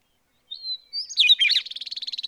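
Bird song: a high drawn whistle, then a cluster of quick tangled notes, running into a rapid even trill.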